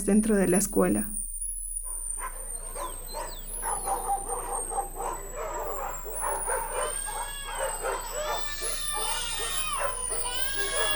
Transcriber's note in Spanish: Sonido de perros ladrando; Sonido de llanto de bebés